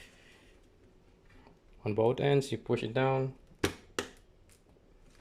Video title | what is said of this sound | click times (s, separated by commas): 6 GPU Hive OS mining rig build from scratch | there you go hear that click | 4.0 s